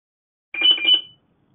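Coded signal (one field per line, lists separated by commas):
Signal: beep code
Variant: RadioShack scanner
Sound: brief buzzy two-pitch electronic chirp alternating low-high twice, about half a second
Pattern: 4 short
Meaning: Reminder that the scanner's alert function is active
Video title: RadioShack PRO-136 Alert Reminder Beep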